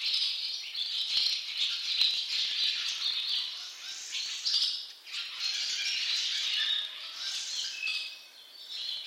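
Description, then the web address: Barn swallow twittering: a dense, continuous chatter of high chirps and buzzy notes that rises and falls in waves across the nine seconds. "cianscape birddata Deverinetal 2025 Bird Only Hi Ru"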